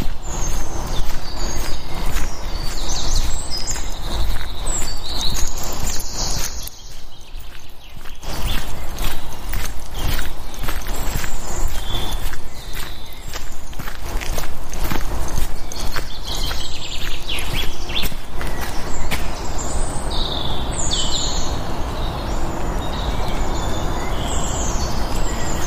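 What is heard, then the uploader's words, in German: A walk in the woods with a dog, footsteps crunching steadily throughout while many birds chirp brightly overhead, with a brief lull near seven seconds. Morgens mit dem Hund raus. Ein Spaziergang im Wald mit Hund, begleitet von vielen Vögeln.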